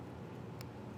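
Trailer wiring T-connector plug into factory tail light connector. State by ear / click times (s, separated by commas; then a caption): seated / 0.6 s. A Curt trailer wiring T-connector harness plug is pushed into the factory plastic tail light connector on a 2019 Ford Transit T350, over a steady low rumble. A short, sharp click at 0.6 s confirms the connector is seated.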